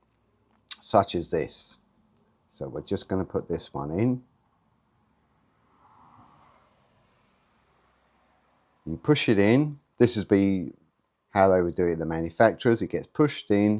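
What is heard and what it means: A crimped metal terminal pin is being lined up at the back of a plastic multi-plug connector housing, ready to be pushed in. Someone talks in bursts, and between them a faint soft rustle of handling is heard around 6 seconds. Nothing has seated or clicked yet.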